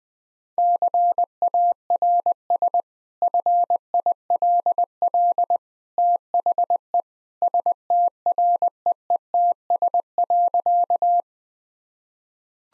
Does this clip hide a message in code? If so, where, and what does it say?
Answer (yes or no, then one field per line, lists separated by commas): yes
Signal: Morse code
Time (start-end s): 0.6-11.2 s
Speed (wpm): 20 wpm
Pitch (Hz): 700 Hz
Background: none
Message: CARS FILL THE STREETS.